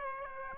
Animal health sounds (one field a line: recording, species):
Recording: mosquito wingbeat signal from an infrared sensor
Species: Aedes aegypti